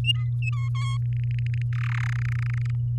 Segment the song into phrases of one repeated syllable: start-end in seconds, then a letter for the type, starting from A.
0.04-0.69 A, 0.75-0.97 B, 1.05-1.62 C, 1.73-2.10 D, 2.12-2.71 E